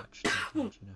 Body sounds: coughing mixed with background sound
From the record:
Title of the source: 64 coughing, allergies, singing lungs

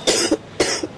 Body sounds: coughing mixed with background sound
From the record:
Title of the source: 55 gaggy wet cough

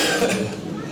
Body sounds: coughing mixed with background sound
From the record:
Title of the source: Cough Around the Clock!

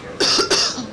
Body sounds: coughing mixed with background sound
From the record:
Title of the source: November cold (wet coughing)

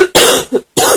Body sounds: coughing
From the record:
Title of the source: 30 Chesty and wet cough

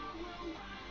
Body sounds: background sound without coughing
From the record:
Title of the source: BackgroundMusic

